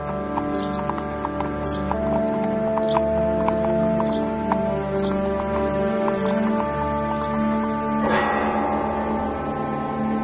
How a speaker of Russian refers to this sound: За церковным двором посадили отца и сына на телегу, на рогожи. Возчик в рваном армяке, в лаптях, закрутил вожжами, и плохая лошаденка потащила шагом телегу из лавры в поле.